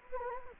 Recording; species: mosquito wingbeat signal from an infrared sensor; Anopheles gambiae